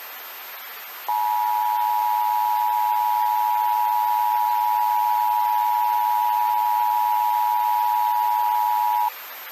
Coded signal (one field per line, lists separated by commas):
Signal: Emergency Alert System (SAME) tones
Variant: 853 and 960 Hz attention tone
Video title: North Carolina Nuclear Nightmare: EAS Scenario